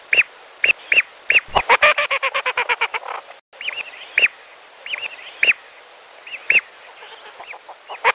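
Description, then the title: Lesser whistling duck starting with spaced whistles and a fast stuttering series, then scattered single whistled notes, some softer, continuing to the end. "Belibis Batu"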